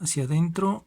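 The lower coin cell battery is pressed inward into the metal holder of a Casio MWA-100H analog quartz watch movement while someone talks throughout. Nothing has seated or clicked yet, and the clip ends just before the battery goes home.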